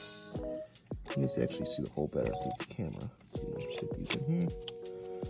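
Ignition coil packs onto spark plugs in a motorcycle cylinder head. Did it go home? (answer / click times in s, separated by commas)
no / none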